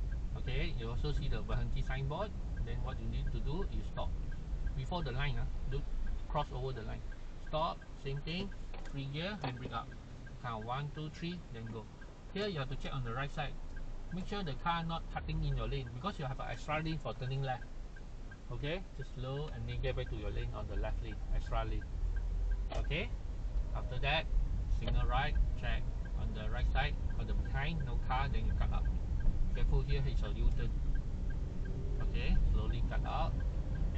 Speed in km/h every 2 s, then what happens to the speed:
18, 14, 10, 0, 0, 0, 0, 0, 3, 6, 9, 14, 17, 20, 25, 25, 27.
0-6 slows to 0. 6-16 standing. 16-34 speeds up to 27.